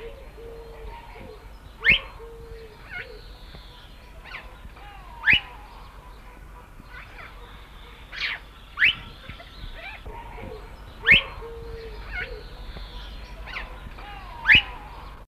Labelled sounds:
Grey-backed Fiscal call

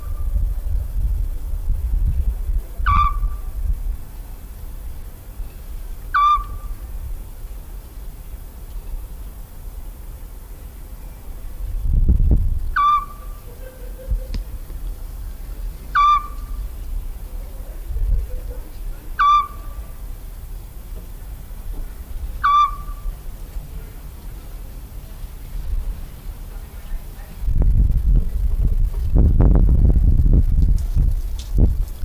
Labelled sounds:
Eurasian Scops Owl

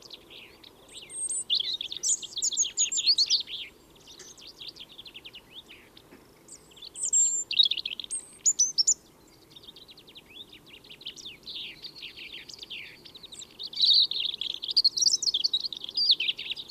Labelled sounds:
European Robin song

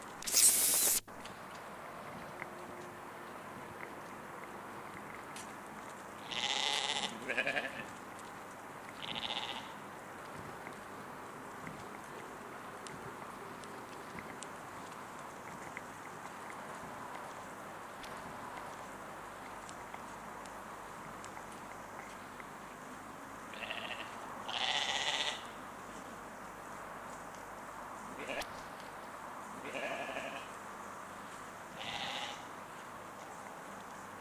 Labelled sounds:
Argali bleating

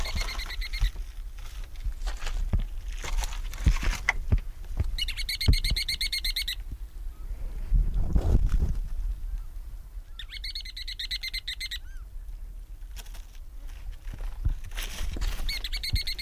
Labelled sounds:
Ruddy Turnstone call

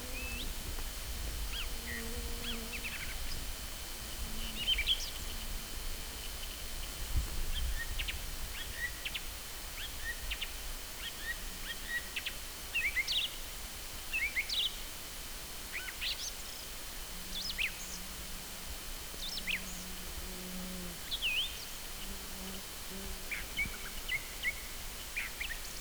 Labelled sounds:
Song Thrush song

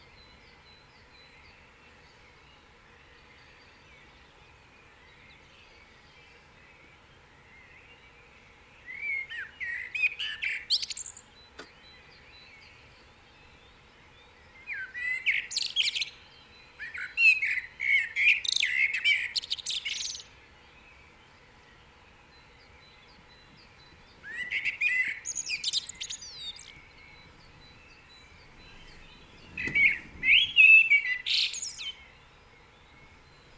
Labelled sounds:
Common Blackbird song

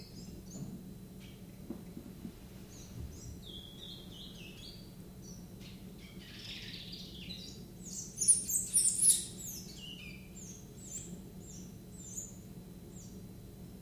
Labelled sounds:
Willow Warbler

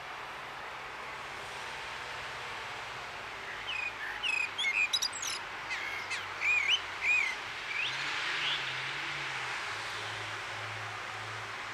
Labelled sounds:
Common Blackbird song

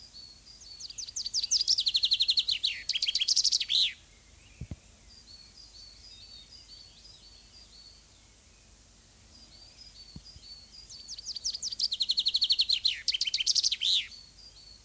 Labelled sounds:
Common Chaffinch song

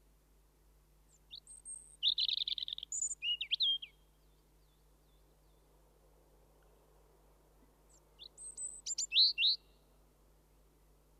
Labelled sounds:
European Robin song

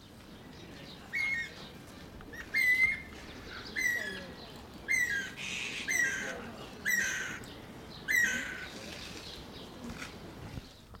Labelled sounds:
Guira Cuckoo

